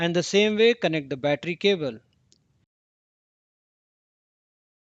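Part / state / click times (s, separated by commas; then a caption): battery flex cable connector into the phone logic board socket / seated / 2.3 s. Someone talks for about the first two seconds while the battery flex cable connector is lined up and pressed gently onto its socket on an iPhone 6S logic board during a screen replacement. In the quiet that follows, a single short, sharp click sounds at 2.3 s as the connector seats.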